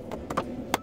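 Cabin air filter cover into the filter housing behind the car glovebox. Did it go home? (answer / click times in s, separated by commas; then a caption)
yes / 0.4 s, 0.7 s. After a new air-conditioner cabin filter is put in behind a car's glovebox, the cabin air filter cover is pushed back into the filter housing. Two sharp clicks are heard at 0.4 s and 0.7 s among a few fainter taps. The cover clicks in and is seated.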